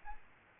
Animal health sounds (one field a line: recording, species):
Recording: mosquito wingbeat signal from an infrared sensor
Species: Aedes albopictus